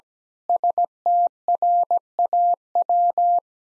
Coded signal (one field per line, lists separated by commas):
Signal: Morse code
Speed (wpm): 17 wpm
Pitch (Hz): 700 Hz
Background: none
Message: STRAW